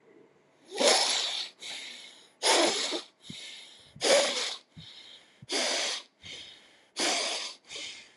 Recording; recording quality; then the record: shallow breathing; excellent, no background noise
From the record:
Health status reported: healthy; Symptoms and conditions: none ticked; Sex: male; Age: 25 years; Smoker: yes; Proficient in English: yes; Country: India